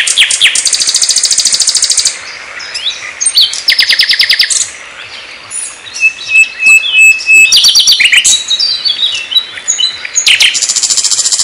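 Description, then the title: Flycatcher singing a dense run of high buzzy trills, a thin level whistle midway, then more rapid chattering bursts. Song used as training material (masteran) for songbirds; full-speed, tight rapid-fire 'tembakan' song style. "Suara Burung Sikatan Londo Masteran Tembakan Full Speed Rapet"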